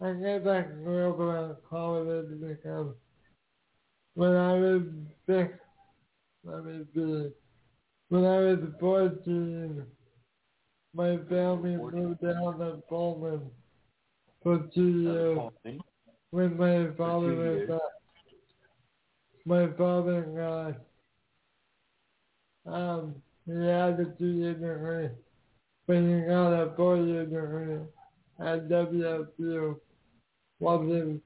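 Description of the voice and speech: An adult man speaking slowly and effortfully in short bursts separated by long pauses, with nasal voice and distorted consonants. This is marked dysarthria and is hard to understand, understood fully by only some listeners. It stems from a genetic disease of unknown origin, similar to cerebral palsy, that left him quadriplegic. He uses a communication app to help him speak.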